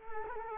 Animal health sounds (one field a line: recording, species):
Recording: mosquito wingbeat signal from an infrared sensor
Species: Culex quinquefasciatus